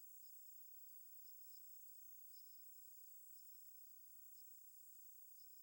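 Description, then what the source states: Crickets chirring in a steady, very high-pitched hiss-like chorus with faint pulsing accents, continuous throughout and otherwise quiet. Recording high-pass filtered.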